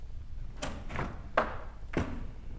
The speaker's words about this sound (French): Puisque tu ne me crois pas, ouvre la porte.